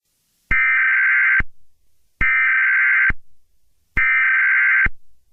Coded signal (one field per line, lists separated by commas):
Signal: Emergency Alert System (SAME) tones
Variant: header bursts